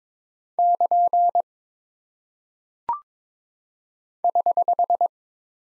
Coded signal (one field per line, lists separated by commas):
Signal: Morse code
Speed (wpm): 22 wpm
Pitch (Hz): 700 Hz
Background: none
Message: <KN> <HH>